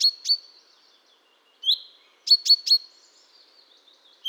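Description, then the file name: Common chaffinch calling with short, bright chips, some single and some in rapid groups of three, separated by brief pauses; nothing else audible. "Fringilla coelebs"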